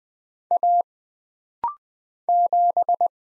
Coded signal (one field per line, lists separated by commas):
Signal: Morse code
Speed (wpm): 20 wpm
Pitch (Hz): 700 Hz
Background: none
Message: A 7